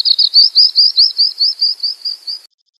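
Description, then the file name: Bird giving a continuous high, warbling trill that wavers steadily in pitch for about two and a half seconds, fading toward the end, then silence. Bird sound given the local name sanma. "suara burung sanma"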